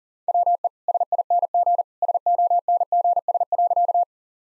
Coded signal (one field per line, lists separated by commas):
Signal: Morse code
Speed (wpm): 37 wpm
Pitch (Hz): 700 Hz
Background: none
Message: WE SING SONGS.